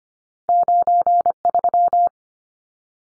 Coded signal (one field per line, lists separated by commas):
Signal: Morse code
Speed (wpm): 25 wpm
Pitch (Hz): 700 Hz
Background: none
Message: 93